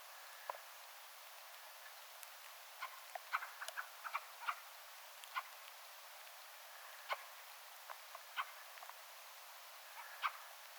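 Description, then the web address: Fieldfare calls as scattered harsh clicks, some in quick clusters around three to four seconds, with a thin drawn-out tone near the start and end. Attention-seeking calls of one fieldfare, with a second and a third fieldfare calling in the background; recorded 17 December 2024. "paivat 17 12 2024 rakattirastaan huomioaantelya taustalla toinen ja kolmaskin rakattirastas"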